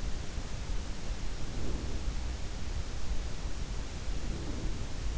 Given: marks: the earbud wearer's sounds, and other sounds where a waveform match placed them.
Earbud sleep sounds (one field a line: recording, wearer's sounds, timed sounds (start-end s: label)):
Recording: sounds in sleep by an in-ear microphone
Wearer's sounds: breath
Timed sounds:
1.18-2.29 s: breath
1.55-5.18 s: sound from someone else or the room
4.07-5.07 s: breath